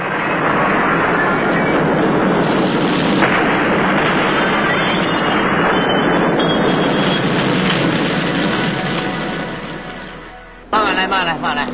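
gas explosion

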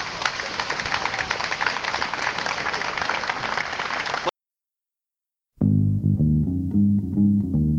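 audience applause

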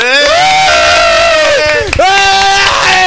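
audience applause and cheering

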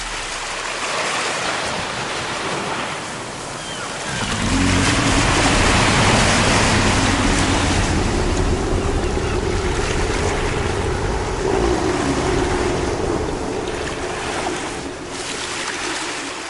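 large ocean waves crashing

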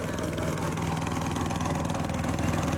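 motorboat engine running

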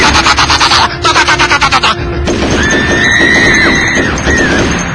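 machine gun fire

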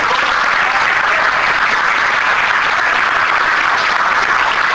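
audience applause

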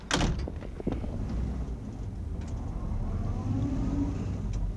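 car door closing

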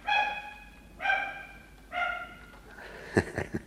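dog barking

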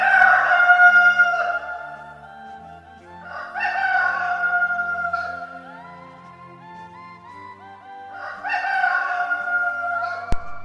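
rooster crowing

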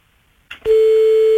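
telephone ringing tone

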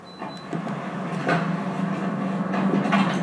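door opening and closing

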